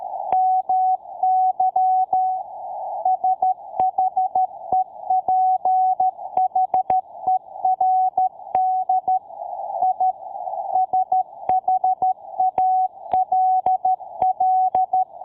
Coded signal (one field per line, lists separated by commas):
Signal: Morse code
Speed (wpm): 13 wpm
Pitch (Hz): 750 Hz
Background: none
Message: MY SHEPHERD I SHALL